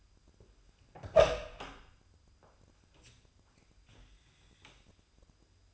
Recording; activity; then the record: daily activity, microphone in the room; open door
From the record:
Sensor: 2